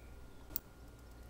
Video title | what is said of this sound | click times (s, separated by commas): FJ Cruiser Base Model Upgrades: Part 2, Adding Compass/Inclinometer (w/ HOMEMADE wire loom) | you hear it pop and this is undamaged i see it's still sturdy | 0.6 s